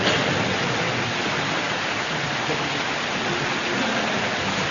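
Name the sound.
rain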